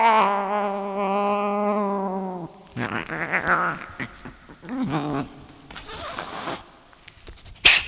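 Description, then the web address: Cat giving a long wavering meow, then shorter broken cries among rustling and scraping sounds. Cat named Sunshine. "sunshine the cat sunshine the cat-sounds of the cat"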